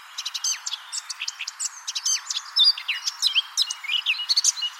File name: Sylvia atricapilla